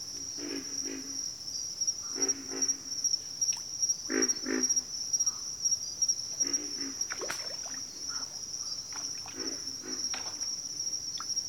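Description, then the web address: Low pig frog grunts come in clusters, mixed with a few other faint calls, over a continuous high-pitched cricket chorus. Several pig frogs. "Sleep Sounds of Nature. Pig Frogs"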